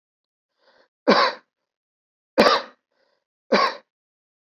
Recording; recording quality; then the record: heavy voluntary cough; excellent, no background noise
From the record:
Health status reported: healthy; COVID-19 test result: negative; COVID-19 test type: RT-PCR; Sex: male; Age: 37 years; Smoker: no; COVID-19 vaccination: both doses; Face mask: not worn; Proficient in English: yes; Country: India